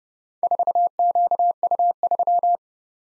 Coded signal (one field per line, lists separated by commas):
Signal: Morse code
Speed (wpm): 30 wpm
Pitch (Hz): 700 Hz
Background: none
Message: 4QU3